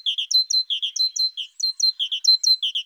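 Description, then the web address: Great tit calling in a quick, bright pattern of short high notes, a lower pair then a higher squeaky note, the pattern repeating many times. "Parus major"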